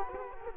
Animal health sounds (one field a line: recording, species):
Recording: mosquito wingbeat signal from an infrared sensor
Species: Culex quinquefasciatus